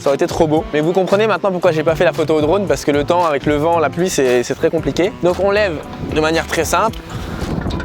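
Someone talks throughout while a portable basketball hoop is about to be lifted to raise its height, using the metal height-adjustment latch on the hoop pole. Nothing has seated or clicked yet; the clip ends just before the latch engages.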